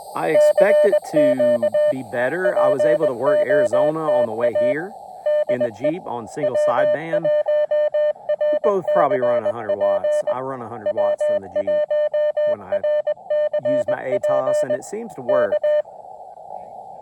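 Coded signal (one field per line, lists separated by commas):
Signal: Morse code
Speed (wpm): 20 wpm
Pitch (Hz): 600 Hz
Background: speech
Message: CQ POTA DE W1RCP W1RCP K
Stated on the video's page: 20 m POTA activation late in the day, keyed with a new Putikeeg Puck key, into a 17-foot RandoWire antenna on a carbon-fiber mast.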